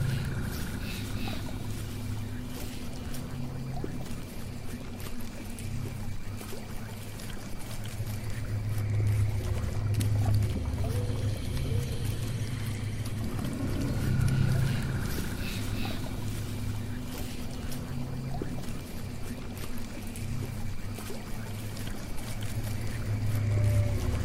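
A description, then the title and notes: Swamp ambience carries a steady low hum and rumble throughout, with faint watery trickles, occasional soft clicks and high chirps above. Witch's swamp house asmr Ambience. Swamp ambience.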